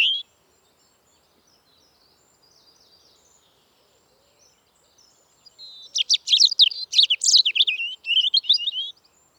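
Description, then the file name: European robin singing a short high note, then after a quiet gap a lively, tumbling burst of sharp, high twitters and sliding whistles. "Erithacus rubecula"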